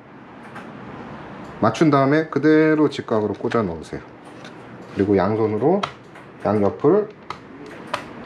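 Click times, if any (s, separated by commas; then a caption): 7.3 s, 7.9 s. A DDR4 memory module is pressed straight down into a motherboard DIMM slot with both hands on its ends while someone talks. Two sharp clicks at 7.3 s and 7.9 s mark both side retention clips snapping shut as the module seats.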